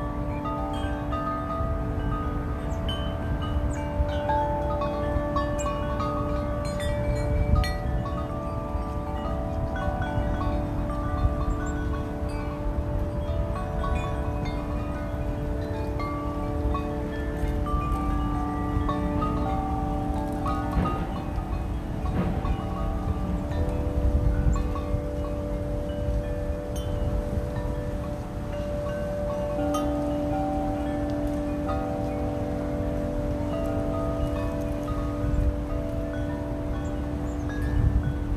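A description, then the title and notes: A chime tree rings steadily, its metal tones layering into a sustained shimmer with several clear pitches held throughout. Occasional brighter strikes sparkle on top every few seconds, while a constant low rumble, like wind, runs underneath the whole time. Chime tree.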